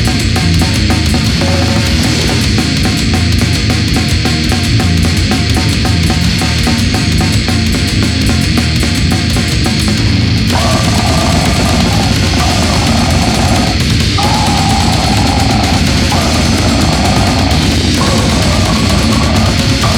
Acute Respiratory Distress Syndrome.